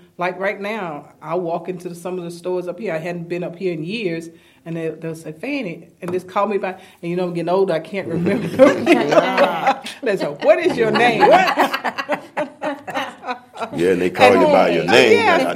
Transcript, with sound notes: And, like, right now I walk into some of the stores up here, I hadn’t been up here in years, and they’ll say, “Fannie.” And just call me by, and you know, gettin’ older, I can’t remember, (laughter) and go, “What is your name?”
Yeah, and they call you by your name and...